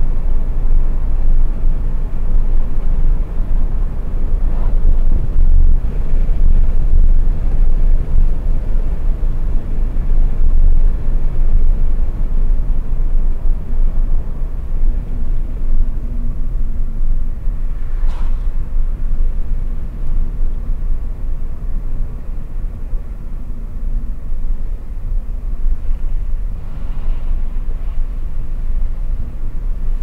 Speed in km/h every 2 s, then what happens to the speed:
66, 59, 63, 67, 70, 66, 62, 57, 49, 49, 54, 51, 51, 51, 52.
0-3 slows to 59. 3-7 speeds up to 70. 9-16 slows to 49. 16-30 steady at about 51.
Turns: none.